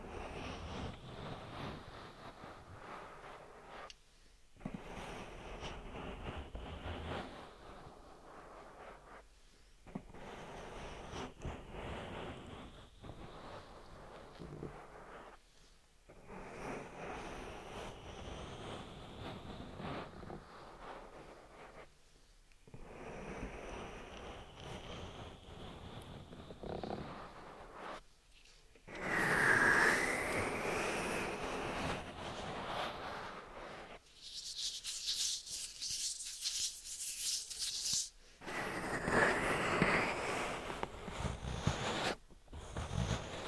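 Ear massage with oil and bare hands: soft slick rubbing in long sweeps with brief pauses, turning brighter and louder scratchy friction near the end.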